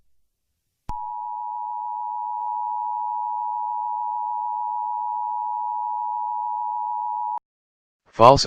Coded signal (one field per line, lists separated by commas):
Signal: Emergency Alert System (SAME) tones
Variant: 853 and 960 Hz attention tone